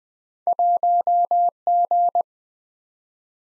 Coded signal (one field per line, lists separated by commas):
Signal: Morse code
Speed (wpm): 22 wpm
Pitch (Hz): 700 Hz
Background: none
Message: 1G